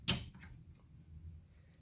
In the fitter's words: until it clicks all